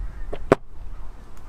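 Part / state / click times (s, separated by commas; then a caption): locker door catch into body-mounted catch / seated / 0.5 s. A motorhome locker door is closed so its male catch engages the female catch on the body, which was refitted with well nuts. A softer sound at 0.3 s leads into a sharp, bright click at 0.5 s as the catch lines up and clicks into place, followed by a faint tick near 1.4 s.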